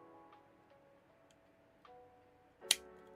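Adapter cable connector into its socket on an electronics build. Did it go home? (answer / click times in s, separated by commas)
yes / 2.7 s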